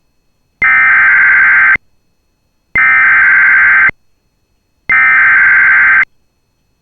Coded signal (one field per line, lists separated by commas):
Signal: Emergency Alert System (SAME) tones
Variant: header bursts